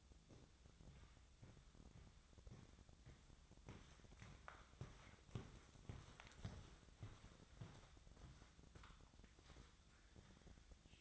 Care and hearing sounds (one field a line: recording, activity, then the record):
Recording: daily activity, microphone in the room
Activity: walk to room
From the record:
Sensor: 3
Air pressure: 999.4 hPa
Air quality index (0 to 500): 196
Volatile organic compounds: 44 ppm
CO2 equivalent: 3208 ppm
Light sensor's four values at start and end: 8/19/7/7 and 8/18/7/7